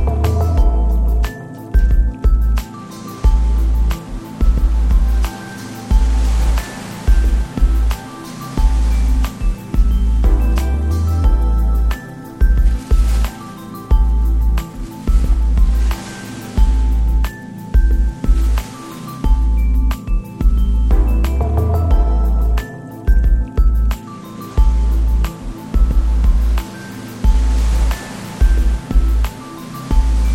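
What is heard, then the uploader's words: An evening walk along the beach, carried by a steady run of soft, low, squishing thuds at a quick, even pace, like footsteps in wet sand. A constant hiss and some faint steady tones sit underneath, with brief brighter swells now and then. Evening Walk Along The Beach. The summer walk on the beach.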